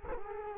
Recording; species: mosquito wingbeat signal from an infrared sensor; Culex quinquefasciatus